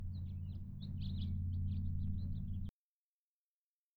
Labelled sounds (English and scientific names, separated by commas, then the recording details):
House Finch (Haemorhous mexicanus) song
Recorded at Hewlett Harbor on Long Island, New York, on 10 June 1975
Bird C